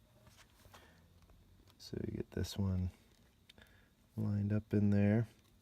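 A display cable connector is lined up over the mainboard socket of a 2013 Chromebook Pixel laptop, ready to be pushed in on both sides, while someone talks. Only faint handling noises and a few brief, quiet ticks sit under the speech. The clip ends before the connector goes home, so nothing has seated or clicked yet.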